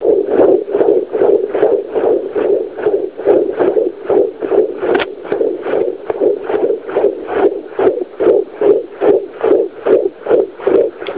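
Fetal heartbeat heard by ultrasound Doppler: a rapid, regular whooshing pulse at about 146 beats per minute, with each beat a swishing surge of sound in the mid frequencies.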